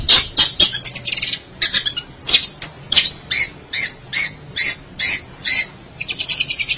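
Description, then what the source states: Long-tailed Shrike song: a series of harsh chattering notes, followed by a brief buzzy chatter. Recorded March 2017.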